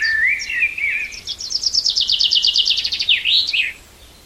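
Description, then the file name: Common chaffinch song: a few introductory notes, then a rapid, rhythmic descending trill that finishes in a sharp flourish. "Fringilla coelebs"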